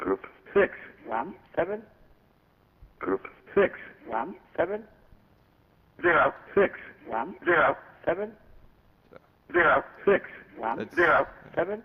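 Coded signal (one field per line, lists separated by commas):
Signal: numbers station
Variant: English, VoIP line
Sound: a voice reading "Group 617" twice, then "0617" twice, with even pauses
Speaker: So we have the example of the VoIP station.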